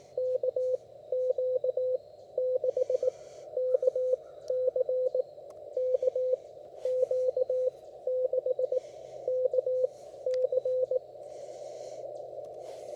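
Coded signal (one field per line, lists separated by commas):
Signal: Morse code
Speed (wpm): 18 wpm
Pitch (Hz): 510 Hz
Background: radio noise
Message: KQ6KC KQ6KC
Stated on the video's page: CW copy practice from a portable field station using a Xiegu G90 with an EFHW antenna.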